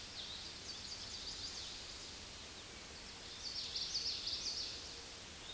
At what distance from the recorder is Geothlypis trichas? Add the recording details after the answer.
about 30 m. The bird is about 10 m below the microphone. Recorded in a Pennsylvania forest on 16 May 2024 at 06:22. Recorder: AudioMoth, point MSD-0690. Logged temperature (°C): 16.0 °C. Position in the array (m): 200 m, 81 m